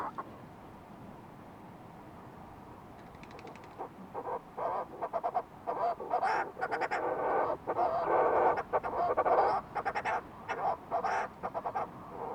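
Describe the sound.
Fulmar prion calling: quiet at first, then rapid rasping croaks build into loud, irregular bursts of throaty chatter over steady background noise.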